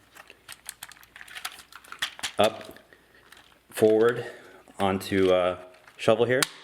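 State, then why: Not seated. A plastic toy limb section with two T-channels is slid forward onto the leg of the Shovel figure at a very tight joint, with small plastic handling clicks and taps through the first few seconds. Someone talks over the handling. The part has not locked into place yet; nothing has seated or clicked.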